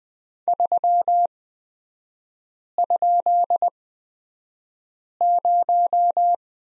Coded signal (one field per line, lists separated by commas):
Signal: Morse code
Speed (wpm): 20 wpm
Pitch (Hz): 700 Hz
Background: none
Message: 3?0